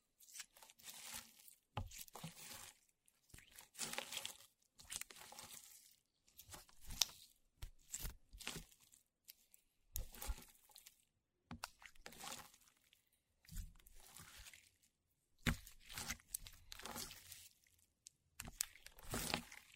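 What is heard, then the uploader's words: Slime being squeezed and pulled, making wet, crackling squelches with a crinkly, tearing edge. The sounds come in short bursts roughly every second, separated by brief silences, with a few sharper, brighter pops scattered through the twenty seconds. 史萊姆｜Slime.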